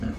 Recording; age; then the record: pig call; growing-finishing pig (85 days or more)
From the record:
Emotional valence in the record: negative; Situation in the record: barren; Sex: female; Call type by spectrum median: low-frequency call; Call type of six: low-frequency stable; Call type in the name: low-frequency stable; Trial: 3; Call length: 0.19 s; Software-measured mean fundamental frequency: 39 Hz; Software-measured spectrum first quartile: 123 Hz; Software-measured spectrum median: 222 Hz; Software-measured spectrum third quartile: 411 Hz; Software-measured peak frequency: 86 Hz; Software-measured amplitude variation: 153 dB a second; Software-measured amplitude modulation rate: 18.2 a second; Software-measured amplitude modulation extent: 8.4 dB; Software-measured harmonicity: -2.0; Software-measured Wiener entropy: -0.34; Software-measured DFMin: 885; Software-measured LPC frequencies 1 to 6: 1504, 2890, 4549, 6458, 8206, 9359 Hz